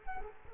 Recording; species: mosquito wingbeat signal from an infrared sensor; Culex quinquefasciatus